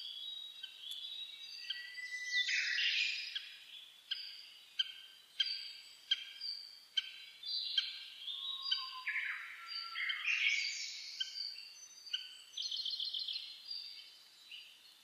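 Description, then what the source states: Bird: a dawn chorus of many birds: crisp repeated high notes, warbled phrases and sweeping whistles overlapping throughout, with louder bursts near three and eleven seconds. Dawn chorus recorded 10 May 2010 at about 04:01.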